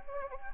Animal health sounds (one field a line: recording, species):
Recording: mosquito wingbeat signal from an infrared sensor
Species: Anopheles arabiensis